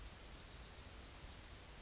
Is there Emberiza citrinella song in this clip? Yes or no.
yes